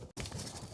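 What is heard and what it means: A plastic oil filter drain tool (drain tube) is being pushed up into the drain hole at the bottom of the oil filter housing on a Toyota Yaris Mk3, IQ or Auris 1.33 VVTI petrol engine during an oil and filter change. Soft handling and scraping noise fills the clip, with a brief near-silent gap around 0.1 s and a slightly louder burst at 0.2 s. Nothing has seated or clicked yet.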